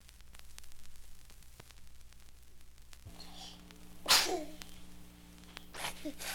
Baby sneezing.